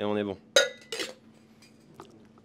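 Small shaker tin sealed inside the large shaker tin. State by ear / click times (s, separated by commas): released / 0.6 s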